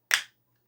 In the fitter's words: and you're going to hear a click